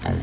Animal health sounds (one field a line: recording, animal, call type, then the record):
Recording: contact call of a hoofed animal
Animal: wild boar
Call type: grunt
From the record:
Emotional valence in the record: positive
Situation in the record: food anticipation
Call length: 0.23 s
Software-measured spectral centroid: 1690 Hz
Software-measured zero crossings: 1240 a second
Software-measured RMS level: -25 dBFS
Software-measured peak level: -12 dBFS